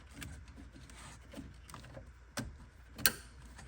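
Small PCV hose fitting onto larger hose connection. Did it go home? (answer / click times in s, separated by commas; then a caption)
yes / 3.1 s. A small PCV hose with its plastic fitting, part of a V3.4 PCV fix kit, is pushed onto a larger hose connection in a car's engine bay. Faint handling rustle and small ticks at 0.2, 1.8 and 2.4 s lead up to a sharp, bright snap at 3.1 s. The fitting snaps into place and is seated.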